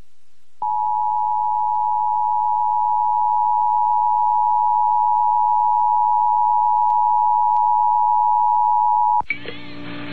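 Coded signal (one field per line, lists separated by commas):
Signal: Emergency Alert System (SAME) tones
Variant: 853 and 960 Hz attention tone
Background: music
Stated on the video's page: Required Monthly Test from Albany, NY.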